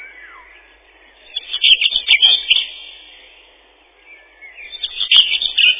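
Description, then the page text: Common whitethroat giving scratchy, jumbled warbling bursts, one about one and a half seconds long and another beginning near the end, with a soft falling whistle early on. Song described as a twittering 'tirli-vi-tir-li-chet-chit-chitirli'; also called the chatterer warbler. "Серая славка, или славка-говорунчик — Sylvia communis. Пение. Песня — щебетание “тирли-ви-тир-ли-чет-чит-читирли”"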